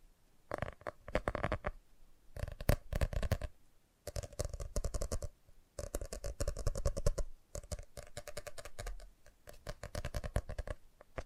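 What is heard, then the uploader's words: Fast tapping comes in dense, rapid bursts of sharp clicks, with brief pauses between runs, steady in pace across the whole clip. FAST TAPPING (No Talking).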